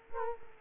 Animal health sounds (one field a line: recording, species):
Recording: mosquito wingbeat signal from an infrared sensor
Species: Culex quinquefasciatus